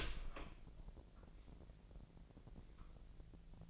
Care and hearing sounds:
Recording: daily activity, microphone in the room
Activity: open door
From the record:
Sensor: 5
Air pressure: 1001.5 hPa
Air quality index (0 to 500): 248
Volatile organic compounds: 34 ppm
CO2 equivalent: 3034 ppm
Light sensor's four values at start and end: 33/77/30/28 and 34/80/31/29

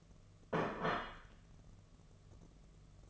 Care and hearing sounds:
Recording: daily activity, microphone in the room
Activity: place plate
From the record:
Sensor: 4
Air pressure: 1015.9 hPa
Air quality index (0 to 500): 208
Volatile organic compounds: 13 ppm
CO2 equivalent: 2393 ppm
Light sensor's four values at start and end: 17/39/16/17 and 17/39/16/17

